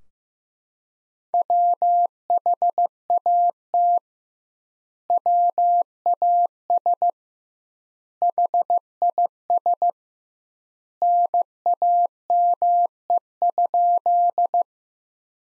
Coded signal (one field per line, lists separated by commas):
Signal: Morse code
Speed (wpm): 15 wpm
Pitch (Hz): 700 Hz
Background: none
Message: WHAT WAS HIS NAME?